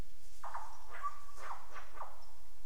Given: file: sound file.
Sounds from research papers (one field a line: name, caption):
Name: whipbird-mimicry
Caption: An example of the female Albert's lyrebird at Goomburra mimicking the contact call of an eastern whipbird (Psophodes olivaceus).